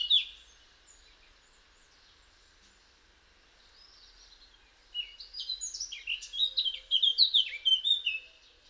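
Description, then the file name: Eurasian blackcap song: a brief note, several seconds of quiet, then a lively, rapid warble of high twittering notes lasting about three seconds. "Sylvia atricapilla"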